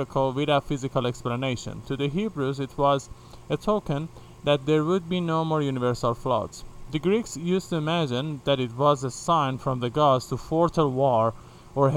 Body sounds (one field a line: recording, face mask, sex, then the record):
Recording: reading aloud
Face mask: none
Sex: male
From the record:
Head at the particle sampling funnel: facing it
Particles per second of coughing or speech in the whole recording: 2.9